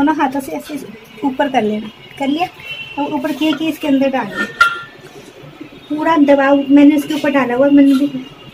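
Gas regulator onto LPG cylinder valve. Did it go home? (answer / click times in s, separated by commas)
no / none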